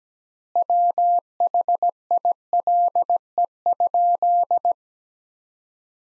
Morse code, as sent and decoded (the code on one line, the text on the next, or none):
.-- .... .. .-.. . ..--..
WHILE?